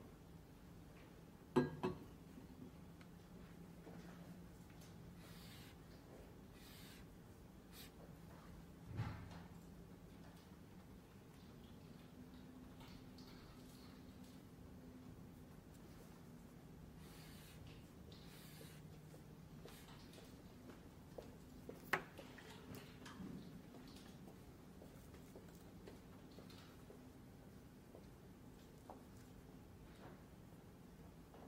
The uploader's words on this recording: Glasgow library. (university of glasgow).